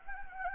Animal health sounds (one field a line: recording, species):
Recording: mosquito wingbeat signal from an infrared sensor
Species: Anopheles gambiae